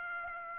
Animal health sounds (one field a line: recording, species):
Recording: mosquito wingbeat signal from an infrared sensor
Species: Aedes aegypti